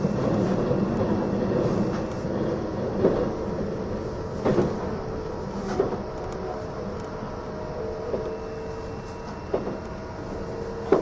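The E261 series Saphir Odoriko train rumbles steadily with a low, dense roar, short clanks around three, four-and-a-half, six and ten seconds.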